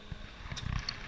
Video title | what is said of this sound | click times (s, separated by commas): How to use a Size 1 film CARRIER for the Peri Pro | lever and you'd wait for the clicks. | 0.8 s, 0.9 s